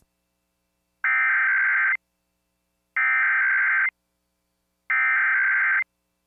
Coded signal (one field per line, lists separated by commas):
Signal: Emergency Alert System (SAME) tones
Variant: header bursts